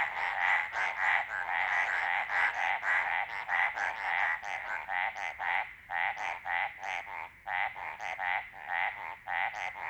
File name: Hyla eximia